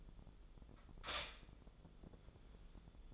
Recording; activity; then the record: daily activity, microphone in the room; stop toaster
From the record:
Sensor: 5